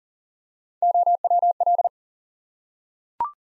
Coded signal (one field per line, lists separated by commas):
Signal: Morse code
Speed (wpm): 42 wpm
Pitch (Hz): 700 Hz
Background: none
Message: OWL